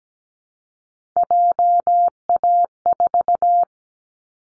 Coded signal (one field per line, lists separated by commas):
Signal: Morse code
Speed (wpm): 17 wpm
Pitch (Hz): 700 Hz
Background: none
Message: JA4